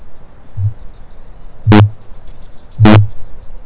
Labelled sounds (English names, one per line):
Kākāpō boom